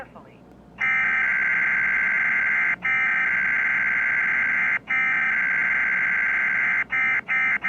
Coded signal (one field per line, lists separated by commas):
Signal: Emergency Alert System (SAME) tones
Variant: header bursts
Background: speech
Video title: funny WSCN EAS glitch on Victor reader trek